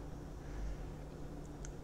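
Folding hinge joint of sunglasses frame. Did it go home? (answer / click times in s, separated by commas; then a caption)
yes / 1.7 s. Unfolding the folding joint on the other side of a pair of Persol 714 sunglasses produces a small, sharp click at 1.6 s as the hinge locks into place. The joint then holds firm and feels sturdy. A steady low hum runs underneath throughout.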